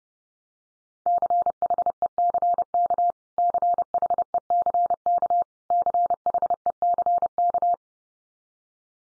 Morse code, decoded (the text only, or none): CHECK CHECK CHECK